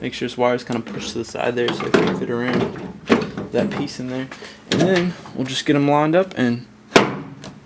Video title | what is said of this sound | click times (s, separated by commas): Toyota Tacoma Replacing Tag, Brake, & Tail Lights (Includes Tail Light Assembly Removal) | snaps back in there he said it'll still be a little loose that's how it's supposed to be | 7.0 s